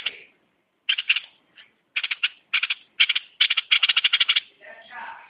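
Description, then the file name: Bulbul chattering in harsh, buzzy bursts, short clusters of rapid notes, then a long rattling run, ending in a softer scratchy phrase. "merbah lekir"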